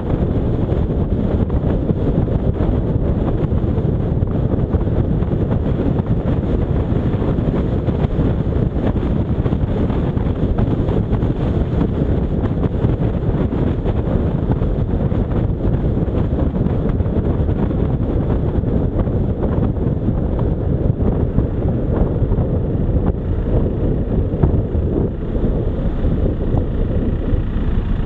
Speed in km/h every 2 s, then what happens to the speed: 62, 63, 69, 74, 74, 70, 69, 63, 56, 45, 37, 31, 26, 16.
0-6 speeds up to 74. 6-28 slows to 16.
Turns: none.